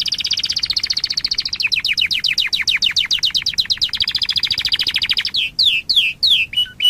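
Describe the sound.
Waterslager canary song with a rapid pulsing high trill that slows into a series of descending chirps, then a few separate whistled notes.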